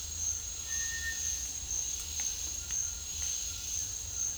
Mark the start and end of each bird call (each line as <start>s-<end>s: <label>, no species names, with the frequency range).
0.68s-1.30s: bird call (1.4-2.7 kHz)